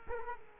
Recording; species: mosquito wingbeat signal from an infrared sensor; Culex quinquefasciatus